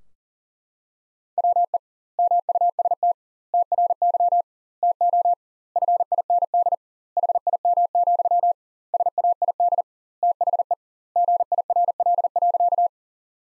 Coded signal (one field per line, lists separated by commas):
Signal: Morse code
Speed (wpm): 40 wpm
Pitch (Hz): 700 Hz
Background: none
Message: WE MUST TRY TO FIND HIM, SAID THE GIRL.